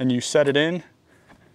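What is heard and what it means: Someone talks while a roof cross bar foot is set onto the mounting rail of a Rivian truck, followed by faint, quiet handling noise. The metal clasp tab has not yet been pushed back down, so nothing has seated or clicked yet.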